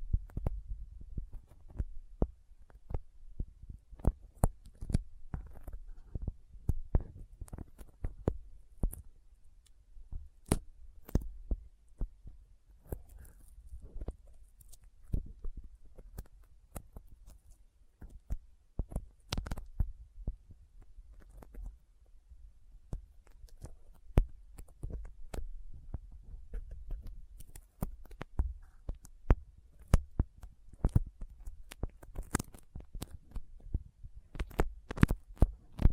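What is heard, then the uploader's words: Sticky fingers tap and peel apart in dense, irregular clicks and smacks over a low rumble, with sharper pops scattered throughout. ASMR Intense Sticky Finger Sounds (No Talking).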